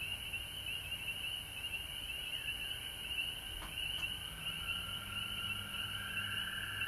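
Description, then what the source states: Frog chorus of continuous high trilling, broken by a couple of sharp clicks midway, over a low hum. Frogs recorded at home in Georgia on March 19, 2020.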